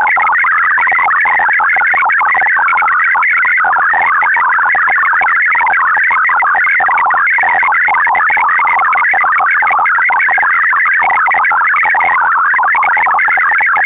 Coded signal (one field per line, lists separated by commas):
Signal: multi-tone FSK (Olivia or MFSK type)